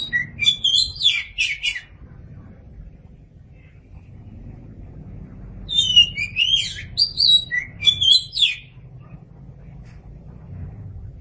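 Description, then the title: Oriental magpie-robin song: two bursts of varied, high chirps and whistled notes, each lasting two to three seconds, separated by a quiet gap with faint low hum. "Suara Kicauan Burung Kacer"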